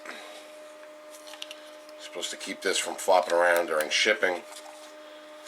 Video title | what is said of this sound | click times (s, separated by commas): DJI PHANTOM 3 Standard Drone Quadcopter Un-Boxing Review | that really didn't lock in too well | 1.4 s